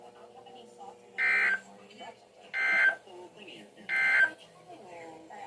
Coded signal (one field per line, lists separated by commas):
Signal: Emergency Alert System (SAME) tones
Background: speech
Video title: SNOW SQUALL WARNINGS (EAS 46-49)